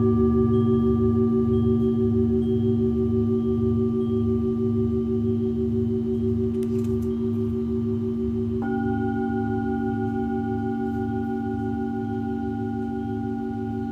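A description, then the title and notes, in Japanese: Tibetan singing bowls ring with long, steady tones layered over a low, pulsing hum that wavers regularly throughout. Around nine seconds the upper tones shift as a new bowl note takes over, and the sound stays sustained, fading only slightly by the end. 夜のシンギングボウルのサウンドヒーリング。チベタンシンギングボウルのサウンドヒーリングデス。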